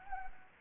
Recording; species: mosquito wingbeat signal from an infrared sensor; Anopheles gambiae